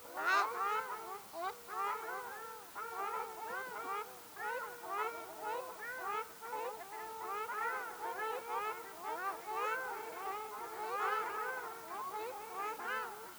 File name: Ruddy shelduck